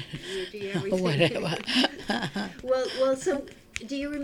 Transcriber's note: they laugh